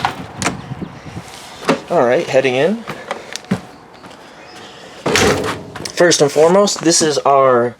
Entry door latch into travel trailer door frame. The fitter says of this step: there's just a small gap that's left here you want to make sure you hear the double click